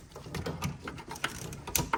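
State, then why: Seated. The second pre-lubricated heater hose quick-connect coupling is pushed onto its engine coolant port on a Ford Expedition 5.4 engine. Several scraping, rattling pushes lead to a sharp click at 1.8 s, with other short knocks around it. The coupling seats.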